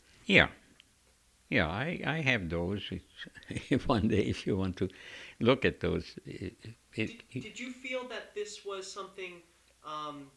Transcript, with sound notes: Yeah, yeah. I, I have those. (he laughs) One day, if you want to look at those...
Did you feel that this was something, uh,